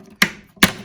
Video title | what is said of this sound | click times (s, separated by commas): Axilo Installatie | push down, and that's locked in position. | 0.2 s, 0.6 s